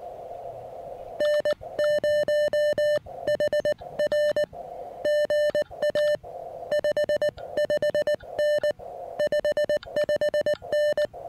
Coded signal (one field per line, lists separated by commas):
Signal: Morse code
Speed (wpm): 19 wpm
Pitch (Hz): 600 Hz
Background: music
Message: N0HR GA 55N 55N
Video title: How I evaluate a new POTA site plus serious QRP fun with my new-to-me Elecraft KX1